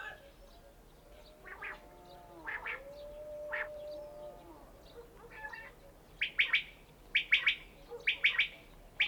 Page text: Mountain Kishlak. Coturnix coturnix - Горный кишлак. Перепел